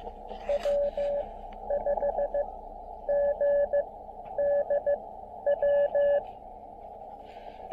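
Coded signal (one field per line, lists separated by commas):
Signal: Morse code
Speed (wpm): 18 wpm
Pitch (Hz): 560 Hz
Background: radio noise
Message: W5GDW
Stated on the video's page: QRP CW park activation in Baie-Comeau, Québec, on 20m and 17m.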